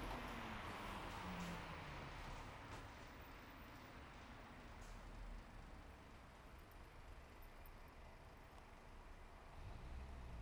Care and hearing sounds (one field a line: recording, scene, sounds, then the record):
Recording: everyday scene through a hearing-aid microphone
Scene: in traffic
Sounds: traffic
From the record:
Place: bus stop on a city main road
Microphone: behind the ear, right, rear